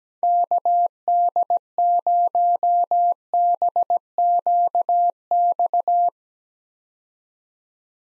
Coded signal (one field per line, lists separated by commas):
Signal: Morse code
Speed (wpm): 17 wpm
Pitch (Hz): 700 Hz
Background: none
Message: KD0BQX